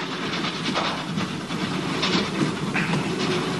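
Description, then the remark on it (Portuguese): A train in a film rolls steadily along the rails, a continuous loud rumble layered with hissing and faint rhythmic clatter, with no voices. “Ele subiu de novo do trem.”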